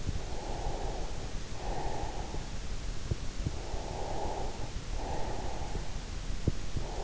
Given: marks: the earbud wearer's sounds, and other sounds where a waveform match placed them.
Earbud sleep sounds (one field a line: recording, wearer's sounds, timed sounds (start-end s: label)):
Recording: sounds in sleep by an in-ear microphone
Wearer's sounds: breath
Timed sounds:
0.30-2.63 s: breath
3.28-6.14 s: breath